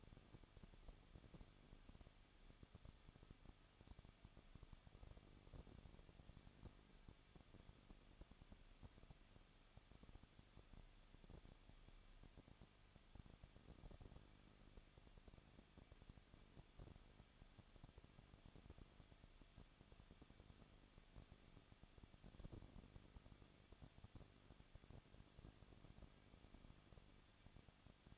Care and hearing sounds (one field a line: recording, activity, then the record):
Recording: daily activity, microphone in the room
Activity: no activity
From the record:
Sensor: 4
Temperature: 23.0 degrees Celsius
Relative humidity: 34.3%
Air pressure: 1007.3 hPa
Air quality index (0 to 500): 213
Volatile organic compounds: 14 ppm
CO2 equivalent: 2462 ppm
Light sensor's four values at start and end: 2/3/1/1 and 2/3/1/1